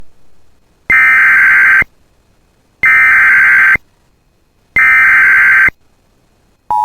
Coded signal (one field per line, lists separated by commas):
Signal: Emergency Alert System (SAME) tones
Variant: header bursts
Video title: [EAS] Severe Thunderstorm Warning from Duluth NWS for Cass and Itasca Counties (August 3, 2024)